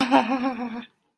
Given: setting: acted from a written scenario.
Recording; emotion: vocal sound without words; negative surprise